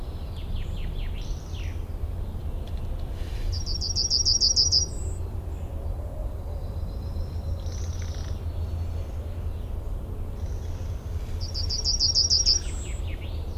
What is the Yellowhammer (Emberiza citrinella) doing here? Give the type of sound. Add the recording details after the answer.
song. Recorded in the wild. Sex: male. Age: adult. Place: Runding, Bayrischer Wald, Bayern, DE. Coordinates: 49.2172, 12.7844. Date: 2004-06-30. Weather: heiter, 15°C, schwacher bis mäßiger Wind. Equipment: Tascam DA-P1, Sennheiser MKH 70, Windkorb. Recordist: Frommolt, Karl-Heinz